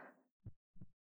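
After a brief rustle, one soft, low lub-dub pair: a calm, slow, steady heartbeat of an adult woman.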